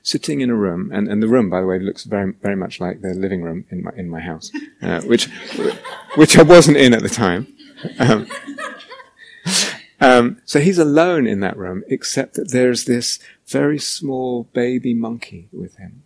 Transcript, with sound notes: Sitting in a room, and the room, by the way, looks very much like the living room in my house, [laughter] which I wasn't in at the time. So he's alone in that room, except that there's this very small baby monkey with him.